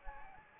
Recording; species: mosquito wingbeat signal from an infrared sensor; Anopheles gambiae